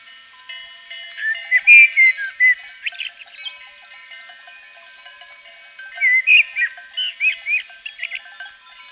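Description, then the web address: Common blackbird singing two phrases of soft fluting whistles with a few higher squeaky notes, separated by a pause, over faint ringing tones in the background. Recorded in Provence. "agykontroll - A természet hangjai - A provence-i feketerigó"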